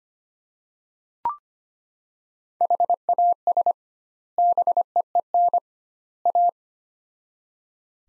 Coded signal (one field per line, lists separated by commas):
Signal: Morse code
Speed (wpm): 25 wpm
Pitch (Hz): 700 Hz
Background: none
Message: HAS BEEN A